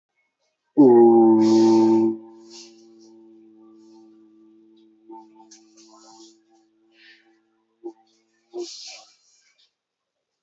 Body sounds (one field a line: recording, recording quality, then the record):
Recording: sustained vowel as in boot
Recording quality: moderate, slight background noise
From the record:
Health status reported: healthy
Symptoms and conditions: none ticked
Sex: male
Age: 23 years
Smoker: not ticked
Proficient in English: yes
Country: India